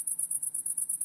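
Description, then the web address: Cricket chirping in a high, rapid pulsed trill, about nine pulses per second, steady and even throughout with a faint low hum beneath. Wide stereo recording. "lynne-publishing Crickets Wide Stereo"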